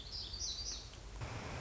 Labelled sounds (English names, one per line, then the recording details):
Black-throated Gray Warbler
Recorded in Sonoma County, California